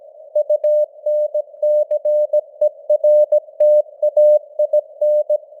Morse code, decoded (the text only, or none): UNCERTAIN